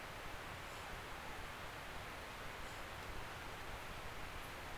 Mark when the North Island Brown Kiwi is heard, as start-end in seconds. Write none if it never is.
none